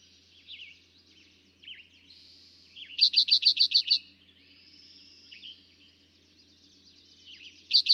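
Eastern towhee giving a loud, rapid trill of evenly spaced notes, with the start of another at the end and gentle background chirps from other birds.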